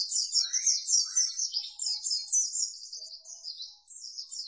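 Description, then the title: White-eye song: rapid high warbling chatter, steady and busy, with a few lower chirps early on. Lively-singing white-eye, used as a training master for cage birds. "Pleci Gacor. Masteran Burung PLECI"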